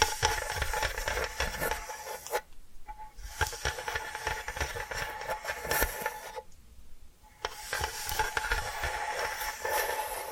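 Tapping and scratching sounds run through the ten seconds, a dense, bright layer of quick scrapes and light taps with frequent sharper clicks. The scratching drops out briefly around 2.5 seconds and again near 6.5 to 7.5 seconds, leaving only soft tapping.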